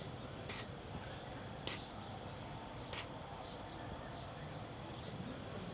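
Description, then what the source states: Common garden katydid stridulation: several short raspy high-pitched bursts spaced over a few seconds, over a steady high background hiss. Raspy sound made by rubbing a long back leg on a wing, usually in bursts of three or four sounds; Australian.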